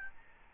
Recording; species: mosquito wingbeat signal from an infrared sensor; Aedes albopictus